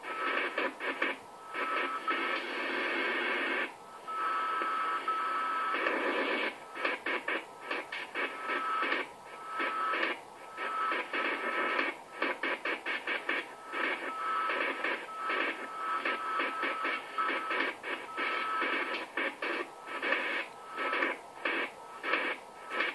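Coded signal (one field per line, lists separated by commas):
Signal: modem data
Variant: AMIS powerline smart meter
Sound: harsh broadband hissing data bursts, stopping and starting rapidly, with a faint steady whistle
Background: radio static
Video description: AMIS Signal der Energie-AG Oberösterreich im Langwellenbereich stören unter anderem den DCF-77 Zeitzeichenempfang sehr stark!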